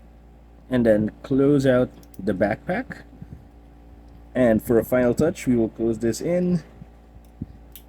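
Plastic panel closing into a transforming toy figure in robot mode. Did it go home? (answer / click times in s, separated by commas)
yes / 7.8 s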